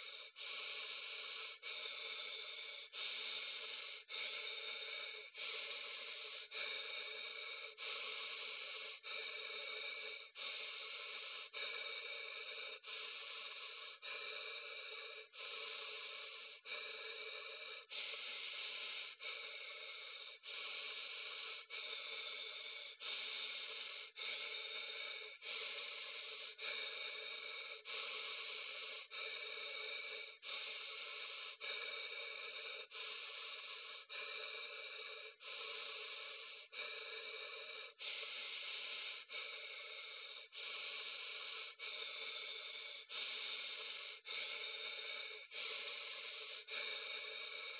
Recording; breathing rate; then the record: paced breathing near a phone; 24 breaths a minute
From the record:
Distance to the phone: 40 cm